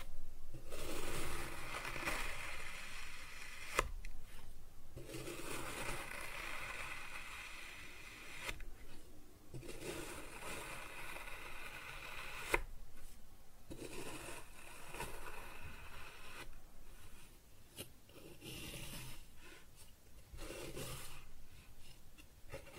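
Kinetic sand being cut and scooped, a soft gritty scraping that runs in long strokes with short pauses between them. Sharp clicks land near 4, 12.5 and 17.5 seconds, and the hissing texture stays fairly even throughout.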